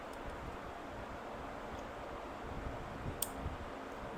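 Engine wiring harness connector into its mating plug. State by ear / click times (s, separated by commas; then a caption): seated / 3.2 s. A plastic electrical connector on an engine wiring harness being repaired is pushed together into its mating plug over a steady low background hiss with faint rustling. A single sharp click sounds at 3.2 s as the connector seats, leaving a secure connection.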